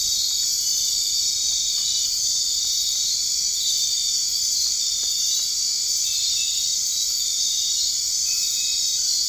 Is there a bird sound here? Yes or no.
no